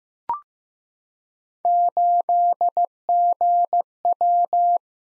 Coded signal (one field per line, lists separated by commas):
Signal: Morse code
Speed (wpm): 15 wpm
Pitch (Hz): 700 Hz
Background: none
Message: 8GW